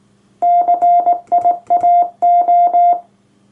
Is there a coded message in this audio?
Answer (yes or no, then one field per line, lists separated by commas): yes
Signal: Morse code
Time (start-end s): 0.4-2.9 s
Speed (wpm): 19 wpm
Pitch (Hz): 700 Hz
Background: none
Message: CIAO